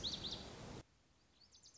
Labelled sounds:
Lazuli Bunting (Passerina amoena)
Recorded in Sonoma County, California

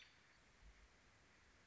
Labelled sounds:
American Robin (Turdus migratorius)
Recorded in Sonoma County, California

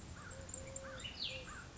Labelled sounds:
Eurasian Collared Dove (Streptopelia decaocto)
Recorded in Sonoma County, California

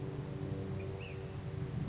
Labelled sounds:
Ash-throated Flycatcher (Myiarchus cinerascens)
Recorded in Sonoma County, California

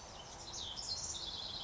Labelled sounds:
House Wren (Troglodytes aedon)
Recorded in Sonoma County, California

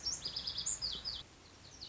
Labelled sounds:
Lazuli Bunting (Passerina amoena)
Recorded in Sonoma County, California

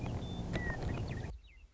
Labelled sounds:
Western Meadowlark (Sturnella neglecta)
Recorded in Sonoma County, California

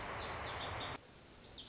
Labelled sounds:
Lazuli Bunting (Passerina amoena)
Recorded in Sonoma County, California

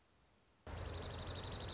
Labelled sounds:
Dark-eyed Junco (Junco hyemalis)
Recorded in Sonoma County, California

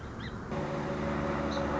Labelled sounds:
Song Sparrow (Melospiza melodia)
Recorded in Sonoma County, California

